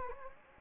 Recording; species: mosquito wingbeat signal from an infrared sensor; Anopheles gambiae